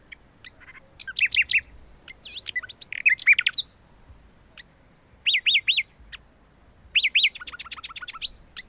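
Common nightingale song over faint hiss: short phrases of repeated chirps, a looping note given three times, then a fast rattling trill.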